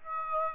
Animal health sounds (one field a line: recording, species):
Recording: mosquito wingbeat signal from an infrared sensor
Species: Aedes aegypti